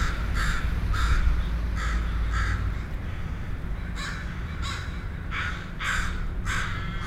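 Crow caws, a series of harsh calls with a pause midway, over constant low background rumble.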